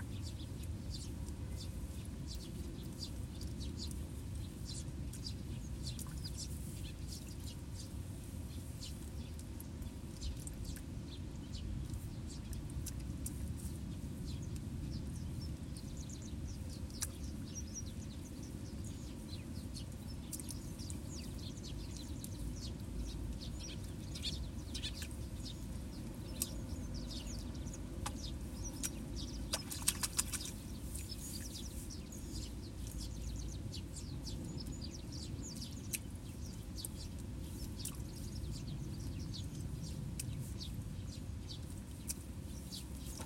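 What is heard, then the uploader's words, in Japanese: Sparrows chatter busily and without pause over a rice paddy, their short chirps scattered thickly across the upper range. A steady low rumble fills the bottom throughout, and around thirty seconds a brief louder burst of sharp sound stands out. 水苗代でイネの苗取り。昔ながらの方法で、田んぼに直接籾種をまいて育てる「水苗代」から、育った苗を１本１本抜いてワラでまとめて束にしていきます。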